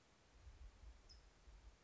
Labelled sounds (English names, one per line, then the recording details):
California Towhee
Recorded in Sonoma County, California